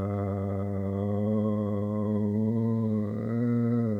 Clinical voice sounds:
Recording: sustained vowel /a/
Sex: male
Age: 60 to 69 years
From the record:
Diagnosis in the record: amyotrophic lateral sclerosis, bulbar onset 12 months earlier, bulbar signs present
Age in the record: 67 years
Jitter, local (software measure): 1.23%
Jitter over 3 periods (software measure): 0.56%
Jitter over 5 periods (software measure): 0.78%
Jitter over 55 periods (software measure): 1.89%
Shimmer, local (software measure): 4.1%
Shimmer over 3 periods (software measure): 1.9%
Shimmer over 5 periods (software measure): 2.7%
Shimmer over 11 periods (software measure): 4.3%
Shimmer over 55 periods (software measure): 7.5%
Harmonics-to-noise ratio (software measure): 11.3 dB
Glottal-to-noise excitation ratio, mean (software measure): 0.86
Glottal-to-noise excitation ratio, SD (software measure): 0.044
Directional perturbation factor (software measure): 44.6%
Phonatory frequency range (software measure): 0.37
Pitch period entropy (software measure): 2.02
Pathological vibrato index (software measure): 1.70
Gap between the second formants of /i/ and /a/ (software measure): 669 Hz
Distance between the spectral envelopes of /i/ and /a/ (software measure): 2.3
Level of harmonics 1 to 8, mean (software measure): -6.4, -4.6, -17.4, -13.6, -16.9, -26.2, -35.9, -40.6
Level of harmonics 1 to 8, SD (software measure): 1.6, 3.2, 2.5, 3.7, 4.6, 5.9, 10.5, 6.0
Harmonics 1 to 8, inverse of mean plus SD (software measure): 0.126, 0.128, 0.050, 0.058, 0.046, 0.031, 0.022, 0.021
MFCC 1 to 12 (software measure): 10.7, -0.8, -1.0, -1.2, -9.9, 6.9, -9.1, 10.7, -3.1, -17.0, 3.6, -3.7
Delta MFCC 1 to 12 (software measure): 0.013, -0.004, 0.017, -0.019, -0.019, 0.012, -0.001, 0.011, -0.002, -0.003, -0.002, -0.002

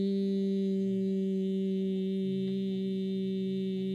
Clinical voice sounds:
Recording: sustained vowel /i/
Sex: female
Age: 60 to 69 years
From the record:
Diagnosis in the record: healthy control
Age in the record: 63 years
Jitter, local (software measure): 0.66%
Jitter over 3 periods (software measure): 0.39%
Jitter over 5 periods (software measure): 0.44%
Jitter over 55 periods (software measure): 0.48%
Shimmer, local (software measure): 3.7%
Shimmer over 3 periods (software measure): 2.1%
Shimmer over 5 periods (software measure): 2.6%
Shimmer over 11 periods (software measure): 2.5%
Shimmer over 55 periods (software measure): 2.7%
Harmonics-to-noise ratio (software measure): 21.1 dB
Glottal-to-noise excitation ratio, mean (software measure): 0.94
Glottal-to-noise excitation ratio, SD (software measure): 0.023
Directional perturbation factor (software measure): 77.7%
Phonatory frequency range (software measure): 0.07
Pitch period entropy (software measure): 1.43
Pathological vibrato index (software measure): 0.14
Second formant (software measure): 3057 Hz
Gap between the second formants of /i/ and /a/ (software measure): 1494 Hz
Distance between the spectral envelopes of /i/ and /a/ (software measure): 10.5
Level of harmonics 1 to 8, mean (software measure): -2.1, -7.0, -29.3, -51.4, -65.8, -65.0, -63.8, -61.3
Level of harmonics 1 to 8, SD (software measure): 1.1, 1.2, 2.9, 4.3, 5.6, 3.6, 3.7, 4.5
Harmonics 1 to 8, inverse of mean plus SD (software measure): 0.312, 0.122, 0.031, 0.018, 0.014, 0.015, 0.015, 0.015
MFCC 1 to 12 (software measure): -1.0, 24.0, -7.2, -18.2, -14.9, -5.7, -12.2, -4.2, -7.0, -11.4, -6.3, -7.7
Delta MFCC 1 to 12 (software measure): -0.006, 0.004, 0.008, 0.018, 0.013, -0.019, 0.011, 0.011, 0.015, 0.008, 0.005, 0.012

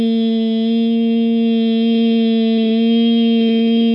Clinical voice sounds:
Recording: sustained vowel /i/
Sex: female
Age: 60 to 69 years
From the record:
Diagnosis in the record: healthy control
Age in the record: 60 years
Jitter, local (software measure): 0.13%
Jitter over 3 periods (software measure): 0.08%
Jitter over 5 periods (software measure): 0.12%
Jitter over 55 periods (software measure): 0.27%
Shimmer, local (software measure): 1.0%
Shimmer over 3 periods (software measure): 0.5%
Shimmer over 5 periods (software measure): 0.6%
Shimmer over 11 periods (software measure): 0.9%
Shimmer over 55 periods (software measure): 1.9%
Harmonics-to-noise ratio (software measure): 25.3 dB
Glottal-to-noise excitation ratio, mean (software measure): 0.88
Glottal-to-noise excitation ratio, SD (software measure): 0.037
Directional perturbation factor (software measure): 32.4%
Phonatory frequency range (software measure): 0.08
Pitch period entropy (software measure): 0.56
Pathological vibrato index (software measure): 0.18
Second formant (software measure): 3201 Hz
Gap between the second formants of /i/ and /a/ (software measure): 1960 Hz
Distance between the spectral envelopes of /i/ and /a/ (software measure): 11.3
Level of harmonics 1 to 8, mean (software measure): -1.6, -11.2, -23.6, -52.8, -46.3, -55.4, -50.4, -41.6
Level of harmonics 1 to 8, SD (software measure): 0.9, 1.3, 1.7, 4.9, 2.4, 6.9, 3.2, 3.0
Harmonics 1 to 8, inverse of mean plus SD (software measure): 0.399, 0.080, 0.039, 0.017, 0.021, 0.016, 0.019, 0.022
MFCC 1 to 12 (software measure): -4.2, 17.3, -15.5, -19.1, -12.1, -6.6, -10.2, -10.3, -14.5, -15.5, -2.9, -4.5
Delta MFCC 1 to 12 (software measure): -0.002, 0.008, 0.001, -0.012, 0.007, -0.005, 0.018, -0.007, -0.007, -0.013, 0.014, 0.014

